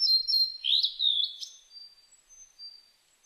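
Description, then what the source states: Blue-and-white flycatcher song: a quick phrase of clear, high whistled notes that slide and warble, followed by a few faint, thin tones trailing off. Recorded on 23 May 2004.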